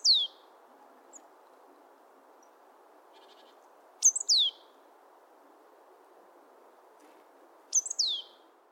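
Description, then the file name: Great tit calls: a few bursts of high, steeply falling notes, separated by several seconds of steady low background noise. "Parus major"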